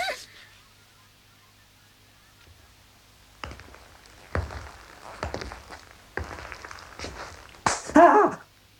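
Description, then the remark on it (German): Heavy, uneven footfalls of a man breaking into a run, quickening after a few quiet seconds, ending in a louder burst with a brief vocal cry. “Herr Müller hüpft, schlägt mit der Hand nach dem Stein und fängt an zu rennen.”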